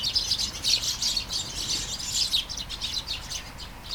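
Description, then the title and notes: Sparrows chirping densely, a continuous tumble of short high notes from several birds. Flying sparrows in a garden at Taastrup, Denmark; early morning, light shower; recorded with Sony PCM-D100 internal mics. "Kærengen 8, 2630 Taastrup, Denmark - Flying sparrows. Flying sparrows in the garden, early morning. Light shower. Vols de moineaux dans le jardin, au petit matin. Pluie fine"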